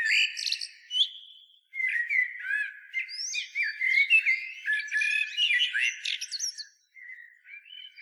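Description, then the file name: Common blackbird warbling, with mellow whistled notes and chattering high squeaks in a continuous tangle, ending in a few soft, lower whistles. "Turdus merula"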